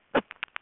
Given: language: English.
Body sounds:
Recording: throat vibration sensor signal played as sound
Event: cough

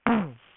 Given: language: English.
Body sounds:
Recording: throat vibration sensor signal played as sound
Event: throat clearing

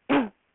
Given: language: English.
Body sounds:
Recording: throat vibration sensor signal played as sound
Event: cough

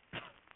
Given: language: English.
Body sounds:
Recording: throat vibration sensor signal played as sound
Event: cough

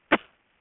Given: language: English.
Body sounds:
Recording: throat vibration sensor signal played as sound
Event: cough

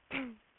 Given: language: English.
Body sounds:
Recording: throat vibration sensor signal played as sound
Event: throat clearing

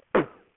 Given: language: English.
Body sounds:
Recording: throat vibration sensor signal played as sound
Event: cough

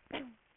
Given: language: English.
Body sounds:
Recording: throat vibration sensor signal played as sound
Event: cough

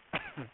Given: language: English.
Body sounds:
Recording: throat vibration sensor signal played as sound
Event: cough

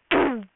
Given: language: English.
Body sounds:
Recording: throat vibration sensor signal played as sound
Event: throat clearing

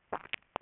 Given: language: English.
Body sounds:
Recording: throat vibration sensor signal played as sound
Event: swallow

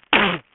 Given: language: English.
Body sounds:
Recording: throat vibration sensor signal played as sound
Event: cough

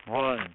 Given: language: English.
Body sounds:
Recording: throat vibration sensor signal played as sound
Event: speech

